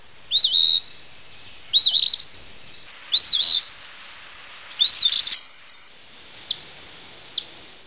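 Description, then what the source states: Say's phoebe calls: four slurred whistled notes with a rise, dip and rise, spaced about one and a half seconds apart, followed by two short sharp chips. Recorded in summer.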